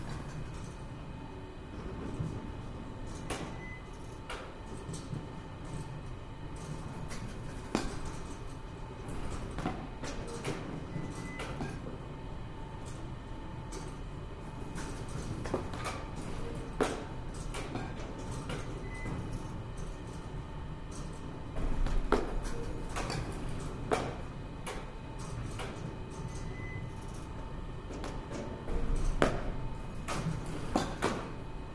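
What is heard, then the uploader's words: Sound of a batting cage: a steady low mechanical rumble with a faint constant whine runs underneath. Sharp cracks and clacks of balls and bats land irregularly every second or two, with louder hits around 22 and 29 seconds. バッティングセンターの音です. Sound of batting cage.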